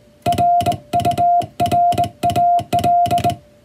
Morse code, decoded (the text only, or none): RURAL